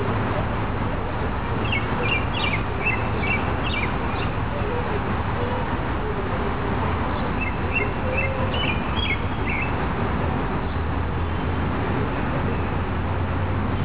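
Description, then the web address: Robin song in two separated phrases of high twittering notes, each lasting a few seconds, over an unbroken low roar of running water. Recorded beside a river. "richfragrantchaos robin riverside"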